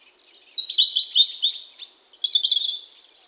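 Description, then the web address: European robin song: thin, high warbled phrases trilling and sliding between mid and very high notes, a pause, then a second sweet twittering phrase. "SETE data Erithacus rubecula"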